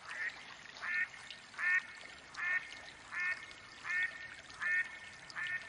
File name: Mallard duck quacking call sounds Female Hen